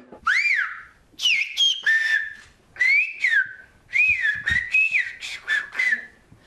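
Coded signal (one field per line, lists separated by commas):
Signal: whistled language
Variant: Occitan whistled speech (Aas)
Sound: clear gliding whistled phrases rising and falling, several short bursts with brief pauses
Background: faint room noise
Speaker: Ici, les élèves de la classe français-occitan n'apprennent pas seulement la langue de leurs ancêtres, mais aussi le sifflement en langue occitane.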